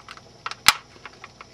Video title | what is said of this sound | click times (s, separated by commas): Zalman ZM-RS6F headset. How to mod for better sound. Physical mod, not software. | there we go now it's snapped into place now we do the reverse procedure to put it back together | 0.7 s